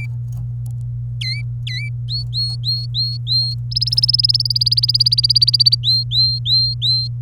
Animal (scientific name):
Serinus canaria